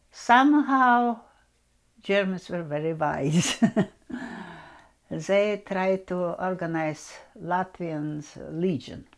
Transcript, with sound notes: somehow, Germans were very wise. (she laughs) They tried to organize Latvians Legion.